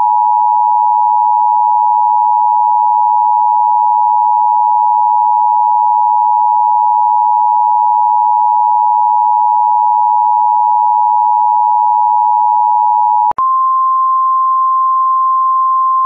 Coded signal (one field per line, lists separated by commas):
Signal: Emergency Alert System (SAME) tones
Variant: 853 and 960 Hz attention tone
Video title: Alex Jones Emergency Alert System